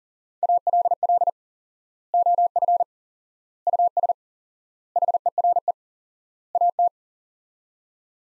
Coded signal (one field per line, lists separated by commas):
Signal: Morse code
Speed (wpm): 40 wpm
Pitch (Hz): 700 Hz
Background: none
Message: ALL OF US HERE AT